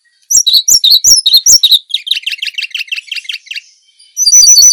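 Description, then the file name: Collared kingfisher calling, a series of loud harsh notes, then a quicker run of softer, lower notes, followed by a loud burst of high notes at the end. In mangroves. "suara tledekan bakau"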